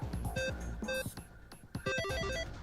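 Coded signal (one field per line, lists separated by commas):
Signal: none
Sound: a game's musical jingle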